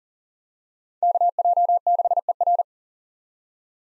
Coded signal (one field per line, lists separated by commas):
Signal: Morse code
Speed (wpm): 40 wpm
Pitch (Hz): 700 Hz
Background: none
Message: KJ6ER